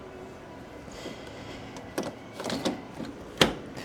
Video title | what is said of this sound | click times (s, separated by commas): Epson P9300 [P9370] 44" printer unboxing & setup - why you need 5 people | There really is, they just click into place. | 3.4 s